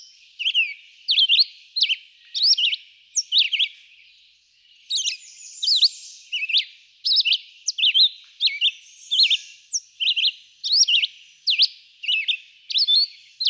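Red-eyed vireo song, a long string of short slurred phrases with pauses between them and a slightly longer break near the middle.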